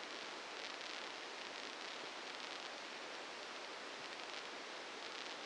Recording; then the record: brain microelectrode recording played as sound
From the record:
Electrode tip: inside the subthalamic nucleus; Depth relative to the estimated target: -3 mm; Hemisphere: left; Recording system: NeuroSet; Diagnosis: Parkinson's disease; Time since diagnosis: 8 years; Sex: male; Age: 59 years